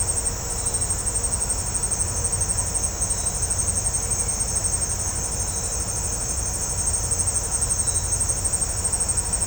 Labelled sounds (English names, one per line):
none